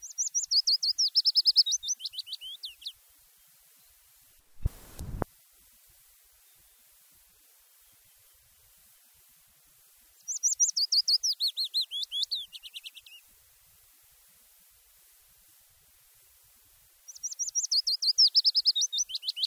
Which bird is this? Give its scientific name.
Phylloscopus trochilus